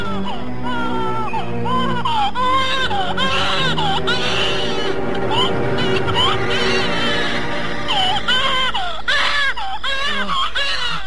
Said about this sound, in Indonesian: Lalu dengan cekatan, Anting Wulan melakukan pertolongan melancarkan kelahiran sang jabang bayi. Tidak lama kemudian, terdengarlah tangis bayi laki-laki.